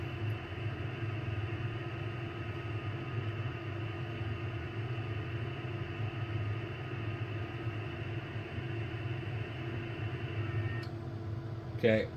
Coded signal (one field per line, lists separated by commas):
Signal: FT8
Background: speech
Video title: icom ic756 pro on ft8 finally. 60m ham radio